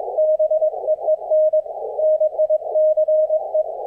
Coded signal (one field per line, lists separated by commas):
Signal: Morse code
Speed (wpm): 22 wpm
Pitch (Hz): 620 Hz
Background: radio noise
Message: BEEN NICE